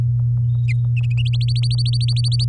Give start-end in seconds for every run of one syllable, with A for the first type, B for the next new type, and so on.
1.41-2.45 A